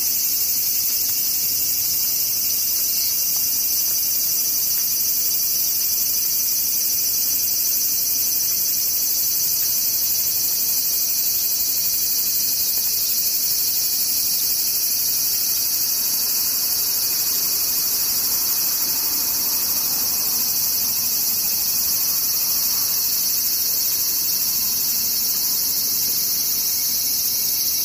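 Cicadas drone without a break for the whole recording, a dense, high, hissing buzz that holds the same level throughout. Beneath it runs a faint low rumble, and around the middle a softer murmur swells briefly before fading back.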